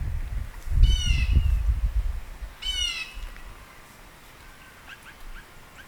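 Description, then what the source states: Bird giving two loud, rasping, downward-sliding squawks two seconds apart, followed by a few faint softer notes, with low rumbling in the background. Recorded in northern Illinois.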